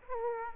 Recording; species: mosquito wingbeat signal from an infrared sensor; Aedes aegypti